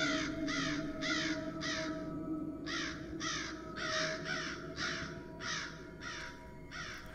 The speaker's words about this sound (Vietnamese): Những con quạ đen không biết từ đâu bay tới, rồi đậu trên những tán cây, kêu lên những âm thanh rùng rợn.